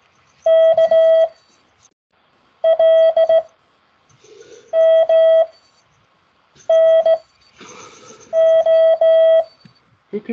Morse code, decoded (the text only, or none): KLMNO